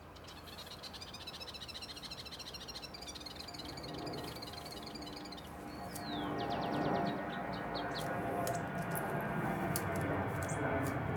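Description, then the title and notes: Scarlet-bellied mountain tanager giving rapid high chattering notes, later a falling sweep followed by a burst of short sharp notes, against a low background hum that grows louder partway through. Recorded on La Conejera hill, Bogotá. "Clarinero - Anisognathus igniventris- esta ave fue grabada en el cerro La Conejera, Bogotá"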